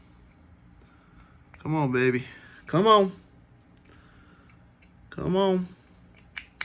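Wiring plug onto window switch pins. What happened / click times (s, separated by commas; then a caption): The wiring plug was pushed fully onto the switch pins / 6.6 s. Someone talks while lining up an old wiring plug on the pins of an auto window switch one-handed during a door panel swap, with faint ticks and taps as it is worked into place. The plug is pushed onto the switch pins until it goes and seats with a sharp click at 6.6 s.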